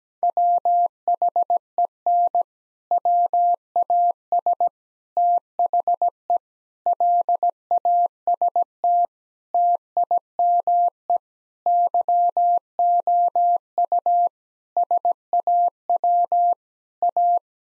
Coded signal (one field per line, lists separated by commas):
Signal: Morse code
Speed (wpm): 17 wpm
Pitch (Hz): 700 Hz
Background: none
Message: WHEN WAS THE LAST TIME YOU SAW A